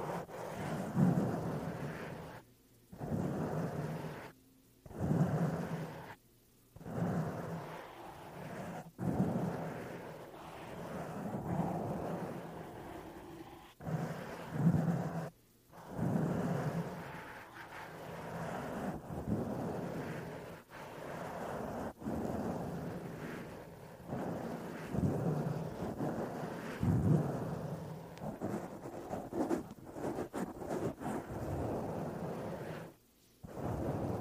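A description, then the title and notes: Scratching and brushing against a foam mic cover, a dense low rumbling scrape that keeps shifting in strength. The rubbing comes in bursts of a few seconds, broken by abrupt silent gaps around 3, 4.5, 6.5, 15 and 33 seconds. No voices. ASMR THE ULTIMATE MIC TRIGGER TEST on NEW Blue Yeti Pro (mic brushing, mic scratching, no talking). Mic Scratching on Foam Mic Cover.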